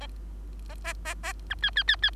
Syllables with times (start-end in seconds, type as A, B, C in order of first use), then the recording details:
0.69-0.75 A, 0.84-0.93 A, 1.05-1.14 A, 1.23-1.33 A, 1.50-1.55 B, 1.62-1.70 C, 1.75-1.83 C, 1.88-1.96 C, 2.02-2.10 C. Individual Bird3